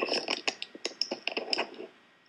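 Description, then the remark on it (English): Rapid, irregular clacking and rattling of computer keyboard keys as someone cleans off the keyboard, a dense flurry of sharp plastic clicks that carries on for about two seconds before trailing off into quiet. “Well, while he's cleaning off his keyboard, we'll get back to some news.”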